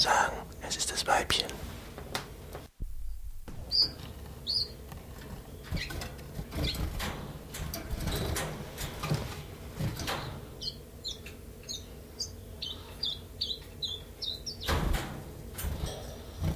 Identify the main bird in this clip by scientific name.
Phylloscopus collybita